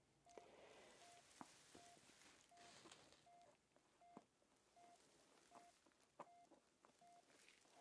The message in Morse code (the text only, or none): none